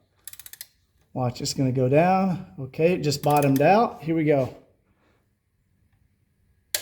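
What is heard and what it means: On a 1985 Mercedes 300TD, an oil pan bolt is run down until it bottoms out, and a click-type torque wrench set to 88 inch-pounds is pulled on it. A quick series of light clicks comes first, then someone talks, followed by a short quiet stretch. A single loud click of the wrench reaching its setting comes at 6.8 s.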